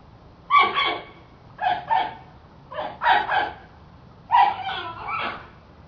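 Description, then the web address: Panda utters four wavering, harmonic squealing calls, several with a second softer pulse, spaced about one to one and a half seconds apart. Squealing panda, described as trying to say something. "som de panda a tentar dizer algo a guinchar"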